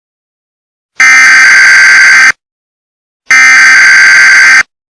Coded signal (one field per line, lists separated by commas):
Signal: Emergency Alert System (SAME) tones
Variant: header bursts